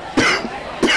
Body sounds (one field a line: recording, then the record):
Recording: coughing mixed with background sound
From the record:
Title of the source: Coughing 60